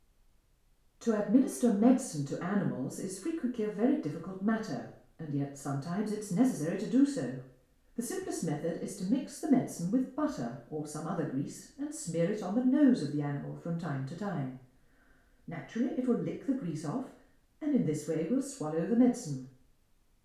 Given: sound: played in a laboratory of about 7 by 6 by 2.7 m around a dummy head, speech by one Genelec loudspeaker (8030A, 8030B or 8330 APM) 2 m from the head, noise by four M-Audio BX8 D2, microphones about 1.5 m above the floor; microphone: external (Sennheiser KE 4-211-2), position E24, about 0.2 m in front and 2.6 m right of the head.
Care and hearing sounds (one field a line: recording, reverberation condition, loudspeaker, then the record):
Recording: female speech in English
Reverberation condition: medium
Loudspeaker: 60 degrees to the right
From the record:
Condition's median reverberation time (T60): about 510 ms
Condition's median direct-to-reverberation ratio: about -0.5 dB